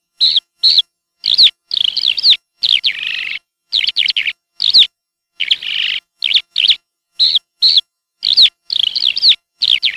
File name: ALLODOLA VOC